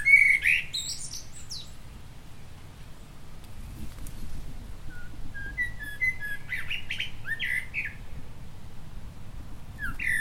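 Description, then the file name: Common blackbird delivering short warbling phrases with high scratchy flourishes, separated by quiet gaps, over a continuous low background rumble. "Turdus merula"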